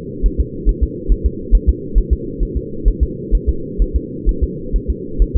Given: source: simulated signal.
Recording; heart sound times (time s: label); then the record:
fetal heart sounds
0.26 s: S1
0.40 s: S2
0.69 s: S1
0.83 s: S2
1.12 s: S1
1.26 s: S2
1.55 s: S1
1.69 s: S2
1.98 s: S1
2.13 s: S2
2.43 s: S1
2.57 s: S2
2.88 s: S1
3.03 s: S2
3.35 s: S1
3.49 s: S2
3.82 s: S1
3.96 s: S2
4.29 s: S1
4.43 s: S2
4.76 s: S1
4.90 s: S2
5.22 s: S1
5.36 s: S2
From the record:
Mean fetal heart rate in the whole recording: 135 bpm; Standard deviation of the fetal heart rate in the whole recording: 3 bpm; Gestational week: 36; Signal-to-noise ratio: -4.3 dB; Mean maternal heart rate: 72 bpm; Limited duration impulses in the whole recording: present